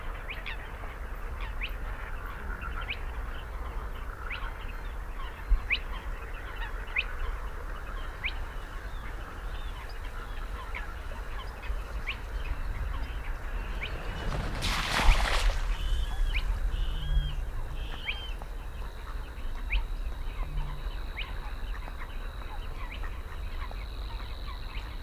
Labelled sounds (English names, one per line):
Spotted Crake